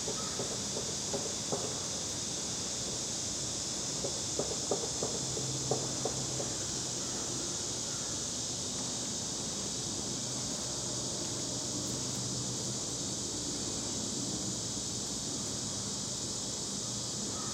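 Outdoors at dusk in the mountains, a dense, steady high insect drone fills the air, with scattered faint chirps early and a low rumble.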